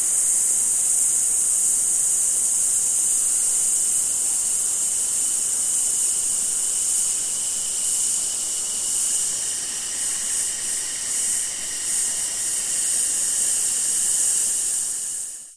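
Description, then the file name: A cicada chorus hums steadily at a high pitch, with light throbbing in the second half, before it fades out. In a summer forest in Australia. "zapsplat nature forest amb summer insects cicada flies australia"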